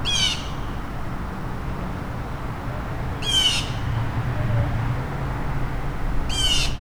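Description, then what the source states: Bird calls, three short harsh buzzy notes spaced about three seconds apart over steady low rumbling background noise. Recorded in Emancipation Park, Third Ward.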